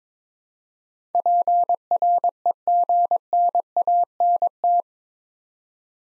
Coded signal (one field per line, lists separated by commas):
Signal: Morse code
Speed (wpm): 23 wpm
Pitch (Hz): 700 Hz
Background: none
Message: PREGNANT